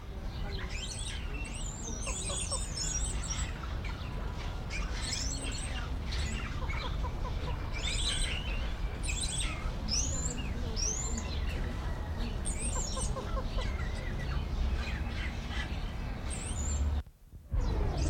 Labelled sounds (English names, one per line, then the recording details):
Wattled Starling
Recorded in captivity
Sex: male
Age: adult
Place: Zoo Berlin, Berlin, DE
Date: 1994-04-02 11:45
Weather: wolkig bis heiter, 8-10°C
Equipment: Marantz CP 430, Sennheiser ME 80, Kopie Uher Variocord 263
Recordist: Tembrock, Günter